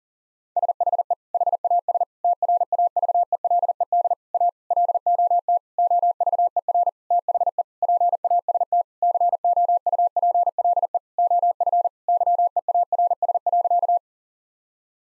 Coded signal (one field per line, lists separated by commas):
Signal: Morse code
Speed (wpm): 40 wpm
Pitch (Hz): 700 Hz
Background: none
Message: SHE HAS TRAVELED A LOT OVER THE PAST COUPLE OF YEARS.